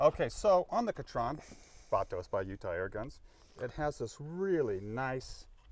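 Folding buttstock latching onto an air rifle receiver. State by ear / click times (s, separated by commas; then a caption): not seated / none. Someone talks about the folding buttstock on an AirMaks Arms Katran .25 PCP air rifle as it is handled. Nothing has seated or clicked yet: the stock has not yet swung into place and snapped locked onto the receiver.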